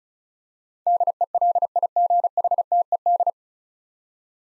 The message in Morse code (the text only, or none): DELIGHTED